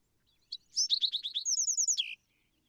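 Bewick's Wren song: a short high note, then a quick run of descending slurred notes, a fast trill, and a final downslurred note, all high-pitched.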